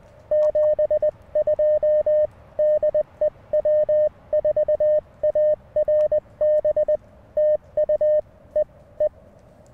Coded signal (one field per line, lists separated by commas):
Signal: Morse code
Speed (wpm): 20 wpm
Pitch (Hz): 1800 Hz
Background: none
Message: 72 DE W4ARB TU E E